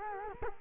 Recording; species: mosquito wingbeat signal from an infrared sensor; Culex quinquefasciatus